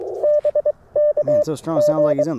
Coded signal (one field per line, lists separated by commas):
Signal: Morse code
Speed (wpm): 22 wpm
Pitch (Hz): 590 Hz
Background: speech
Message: BK G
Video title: Morning Morse Code at Tuskegee National Forest K-4451 - 12/23/23